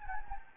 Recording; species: mosquito wingbeat signal from an infrared sensor; Anopheles gambiae